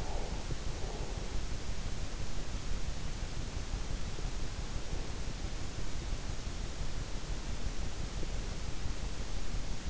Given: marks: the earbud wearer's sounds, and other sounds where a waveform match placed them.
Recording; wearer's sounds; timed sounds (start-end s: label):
sounds in sleep by an in-ear microphone; breath
0.00-1.42 s: breath